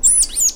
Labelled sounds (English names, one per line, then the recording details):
Stitchbird song
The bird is a male
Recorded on Tiritiri Matangi Island, New Zealand, in 2005
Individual 1, of nest box 1